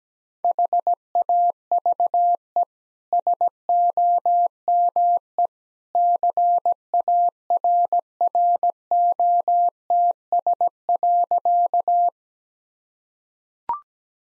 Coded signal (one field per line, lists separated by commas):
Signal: Morse code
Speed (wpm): 17 wpm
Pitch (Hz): 700 Hz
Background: none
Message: HAVE SOME CARROTS.